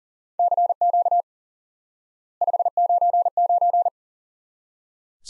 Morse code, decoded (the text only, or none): CQ 599